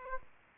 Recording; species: mosquito wingbeat signal from an infrared sensor; Aedes aegypti